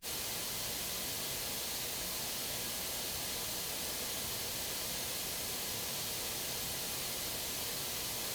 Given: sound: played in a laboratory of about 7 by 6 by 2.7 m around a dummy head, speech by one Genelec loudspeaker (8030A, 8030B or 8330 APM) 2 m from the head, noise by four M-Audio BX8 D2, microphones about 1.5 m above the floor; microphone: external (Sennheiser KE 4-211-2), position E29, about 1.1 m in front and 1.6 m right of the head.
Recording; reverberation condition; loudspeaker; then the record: white noise; low; four, about 170 cm from the corners of the room and facing them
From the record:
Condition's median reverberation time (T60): about 310 ms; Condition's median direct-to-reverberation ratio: about 3.5 dB